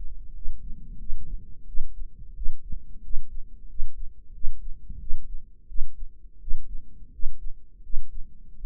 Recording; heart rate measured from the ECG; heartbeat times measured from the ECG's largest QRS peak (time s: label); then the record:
heart sounds by microphone in the right ear; 88 bpm
0.34 s: heartbeat
0.98 s: heartbeat
1.66 s: heartbeat
2.35 s: heartbeat
3.02 s: heartbeat
3.68 s: heartbeat
4.33 s: heartbeat
4.99 s: heartbeat
5.67 s: heartbeat
6.40 s: heartbeat
7.11 s: heartbeat
7.82 s: heartbeat
8.55 s: heartbeat
From the record:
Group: healthy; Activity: rest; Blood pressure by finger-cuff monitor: 151/99 mmHg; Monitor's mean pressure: 117 mmHg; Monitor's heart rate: 89 bpm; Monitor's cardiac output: 7.8 L/min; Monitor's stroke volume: 86 mL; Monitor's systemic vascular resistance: 1110 dyn s/cm5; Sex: male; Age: 23 years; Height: 179 cm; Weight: 87 kg